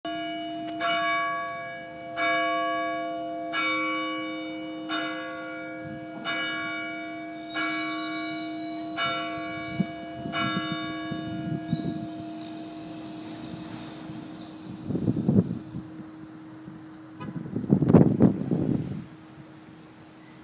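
Bells ring out at Baltimore, struck about every one and a quarter seconds for the first twelve seconds, each ringing tone lingering into the next. A steady low hum runs throughout, and later bursts of rumbling traffic or wind rise near fifteen and eighteen seconds.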